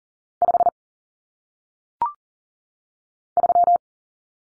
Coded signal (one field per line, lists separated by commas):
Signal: Morse code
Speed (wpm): 38 wpm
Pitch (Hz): 700 Hz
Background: none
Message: 5 3